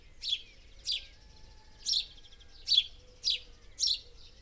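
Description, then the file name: House sparrow chirping, six short bright chirps spaced roughly every half to one second, each a quick burst over a quiet background. "Passer domesticus"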